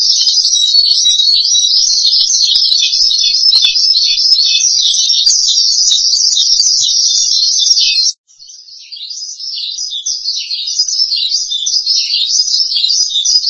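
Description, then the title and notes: Starling song: rapid high warbling for about eight seconds, a brief break, then the song resumes quieter and gradually grows louder again. "suara burung jalak"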